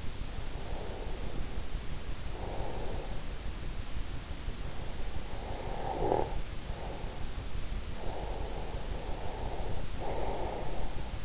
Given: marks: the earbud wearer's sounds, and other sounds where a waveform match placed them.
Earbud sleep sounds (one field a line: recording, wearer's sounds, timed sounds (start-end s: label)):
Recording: sounds in sleep by an in-ear microphone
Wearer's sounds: breath, snoring breath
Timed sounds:
0.00-3.83 s: breath
4.63-7.08 s: snoring breath
7.37-11.25 s: breath